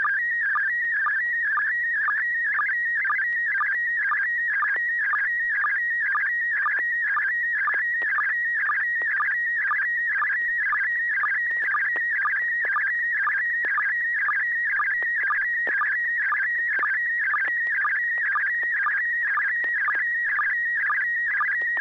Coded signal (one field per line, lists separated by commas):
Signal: SSTV (slow-scan television)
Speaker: we're going to go to the first one on the list here Alp India 6 Delta golf Joel do you have any pictures for us uh you're welcome to go ahead and send over